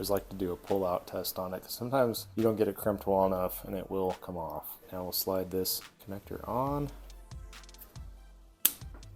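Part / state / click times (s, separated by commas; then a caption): crimped contact pin into MC4 connector housing / seated / 8.7 s. Someone talks while a second crimped contact pin is slid into a plastic MC4 connector body. A sharp snap at 8.7 s marks the pin seating in the housing, followed by faint small clicks.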